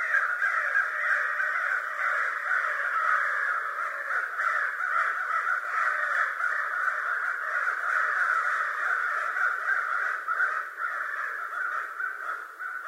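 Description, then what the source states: American crow caws as a dense, continuous chorus of overlapping harsh calls, many birds calling at once with no clear gaps throughout. Recorded on 25 November 2011.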